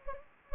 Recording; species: mosquito wingbeat signal from an infrared sensor; Anopheles gambiae